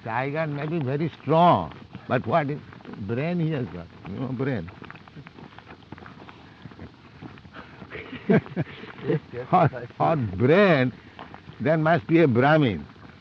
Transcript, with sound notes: Tiger may be very strong, but what brain he has got? No brain. [laughs] For brain, there must be a brāhmaṇa.